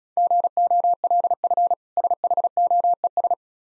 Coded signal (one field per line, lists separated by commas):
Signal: Morse code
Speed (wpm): 36 wpm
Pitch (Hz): 700 Hz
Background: none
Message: GOLF SHOES